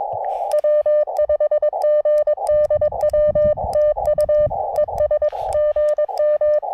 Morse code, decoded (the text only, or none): W5GDW TU ES GM